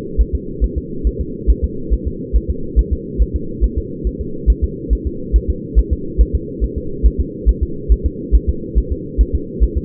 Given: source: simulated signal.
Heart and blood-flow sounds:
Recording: fetal heart sounds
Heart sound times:
0.21 s: S1
0.35 s: S2
0.64 s: S1
0.78 s: S2
1.07 s: S1
1.21 s: S2
1.50 s: S1
1.64 s: S2
1.94 s: S1
2.08 s: S2
2.36 s: S1
2.50 s: S2
2.79 s: S1
2.93 s: S2
3.22 s: S1
3.36 s: S2
3.64 s: S1
3.78 s: S2
4.07 s: S1
4.21 s: S2
4.50 s: S1
4.64 s: S2
4.93 s: S1
5.07 s: S2
5.36 s: S1
5.50 s: S2
5.79 s: S1
5.93 s: S2
6.21 s: S1
6.35 s: S2
6.64 s: S1
6.78 s: S2
7.06 s: S1
7.20 s: S2
7.49 s: S1
7.63 s: S2
7.92 s: S1
8.06 s: S2
8.35 s: S1
8.49 s: S2
8.78 s: S1
8.92 s: S2
9.21 s: S1
9.35 s: S2
9.63 s: S1
9.77 s: S2
From the record:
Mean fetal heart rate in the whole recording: 140 bpm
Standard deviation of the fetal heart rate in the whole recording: 2 bpm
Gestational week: 34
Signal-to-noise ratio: -4.3 dB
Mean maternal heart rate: 72 bpm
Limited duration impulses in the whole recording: absent

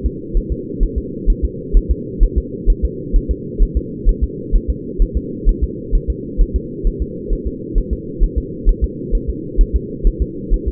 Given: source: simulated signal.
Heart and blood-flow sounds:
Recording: fetal heart sounds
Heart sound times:
0.06 s: S2
0.37 s: S1
0.52 s: S2
0.83 s: S1
0.98 s: S2
1.30 s: S1
1.45 s: S2
1.77 s: S1
1.91 s: S2
2.23 s: S1
2.38 s: S2
2.70 s: S1
2.85 s: S2
3.16 s: S1
3.31 s: S2
3.63 s: S1
3.77 s: S2
4.09 s: S1
4.24 s: S2
4.56 s: S1
4.70 s: S2
5.02 s: S1
5.17 s: S2
5.49 s: S1
5.64 s: S2
5.95 s: S1
6.10 s: S2
6.41 s: S1
6.56 s: S2
6.87 s: S1
7.02 s: S2
7.33 s: S1
7.47 s: S2
7.78 s: S1
7.93 s: S2
8.23 s: S1
8.38 s: S2
8.69 s: S1
8.84 s: S2
9.15 s: S1
9.30 s: S2
9.61 s: S1
9.76 s: S2
10.07 s: S1
10.22 s: S2
10.54 s: S1
10.68 s: S2
From the record:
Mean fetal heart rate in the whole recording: 130 bpm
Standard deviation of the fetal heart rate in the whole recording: 2 bpm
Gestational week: 38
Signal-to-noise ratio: -4.1 dB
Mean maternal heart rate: no maternal heart sound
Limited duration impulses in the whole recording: absent

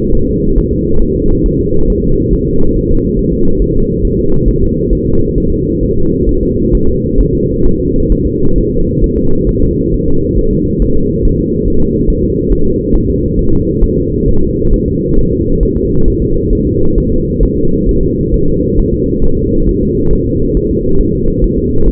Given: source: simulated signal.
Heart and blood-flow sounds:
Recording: fetal heart sounds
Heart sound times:
0.15 s: S1
0.29 s: S2
0.58 s: S1
0.73 s: S2
1.02 s: S1
1.16 s: S2
1.46 s: S1
1.60 s: S2
1.90 s: S1
2.04 s: S2
2.34 s: S1
2.48 s: S2
2.77 s: S1
2.91 s: S2
3.19 s: S1
3.33 s: S2
3.62 s: S1
3.76 s: S2
4.05 s: S1
4.19 s: S2
4.48 s: S1
4.63 s: S2
4.93 s: S1
5.07 s: S2
5.38 s: S1
5.52 s: S2
5.83 s: S1
5.97 s: S2
6.29 s: S1
6.43 s: S2
6.75 s: S1
6.89 s: S2
7.21 s: S1
7.35 s: S2
7.66 s: S1
7.81 s: S2
8.12 s: S1
8.26 s: S2
8.58 s: S1
8.72 s: S2
9.04 s: S1
9.18 s: S2
9.49 s: S1
9.63 s: S2
9.94 s: S1
10.08 s: S2
10.39 s: S1
10.53 s: S2
10.82 s: S1
10.96 s: S2
11.25 s: S1
11.40 s: S2
11.68 s: S1
11.82 s: S2
12.10 s: S1
12.24 s: S2
12.53 s: S1
12.67 s: S2
12.95 s: S1
13.10 s: S2
13.39 s: S1
13.53 s: S2
13.84 s: S1
13.98 s: S2
14.29 s: S1
14.43 s: S2
14.74 s: S1
14.88 s: S2
15.19 s: S1
15.33 s: S2
15.63 s: S1
15.77 s: S2
16.08 s: S1
16.22 s: S2
16.53 s: S1
16.67 s: S2
16.98 s: S1
17.12 s: S2
17.43 s: S1
17.57 s: S2
17.89 s: S1
18.03 s: S2
18.34 s: S1
18.48 s: S2
18.80 s: S1
18.94 s: S2
19.24 s: S1
19.39 s: S2
19.69 s: S1
19.83 s: S2
20.13 s: S1
20.27 s: S2
20.57 s: S1
20.71 s: S2
21.01 s: S1
21.15 s: S2
21.44 s: S1
21.58 s: S2
21.88 s: S1
From the record:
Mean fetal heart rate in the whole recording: 135 bpm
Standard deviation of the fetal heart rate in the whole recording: 3 bpm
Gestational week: 36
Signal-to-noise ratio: -17.7 dB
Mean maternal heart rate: 72 bpm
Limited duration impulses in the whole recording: present

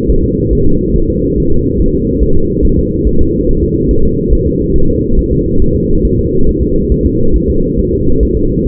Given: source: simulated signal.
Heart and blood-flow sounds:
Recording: fetal heart sounds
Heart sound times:
0.10 s: S1
0.24 s: S2
0.53 s: S1
0.67 s: S2
0.96 s: S1
1.10 s: S2
1.38 s: S1
1.52 s: S2
1.80 s: S1
1.94 s: S2
2.22 s: S1
2.37 s: S2
2.65 s: S1
2.79 s: S2
3.07 s: S1
3.21 s: S2
3.49 s: S1
3.63 s: S2
3.91 s: S1
4.05 s: S2
4.33 s: S1
4.47 s: S2
4.76 s: S1
4.90 s: S2
5.19 s: S1
5.33 s: S2
5.62 s: S1
5.76 s: S2
6.05 s: S1
6.19 s: S2
6.49 s: S1
6.63 s: S2
6.92 s: S1
7.06 s: S2
7.36 s: S1
7.50 s: S2
7.79 s: S1
7.93 s: S2
8.23 s: S1
8.37 s: S2
8.67 s: S1
From the record:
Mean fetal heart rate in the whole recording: 140 bpm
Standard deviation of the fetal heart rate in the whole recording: 2 bpm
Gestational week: 34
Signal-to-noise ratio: -17.7 dB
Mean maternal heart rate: 72 bpm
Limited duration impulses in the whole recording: present

